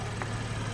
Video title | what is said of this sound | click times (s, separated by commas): 2014 BMW 435i Sport Convertible - For Sale | two clicks of the hood lever and you can get this all the way open | 0.2 s